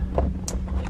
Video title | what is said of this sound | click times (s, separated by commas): These are Clutch Times- LHT OCD | You hear them click. | 0.2 s, 0.5 s